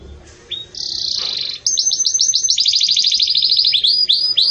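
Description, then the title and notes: Belgian canary song: a short high whistle and buzzy trill, then a long, fast run of repeated ringing notes. Pure campainha song style, delivered with pauses, intended for training singing birds. "Canto Canário Belga Campainha Puro Com Pausa Para Treinamento. CANARIO BELGA"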